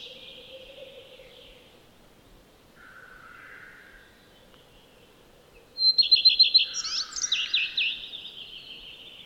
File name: Lepplintu Redstart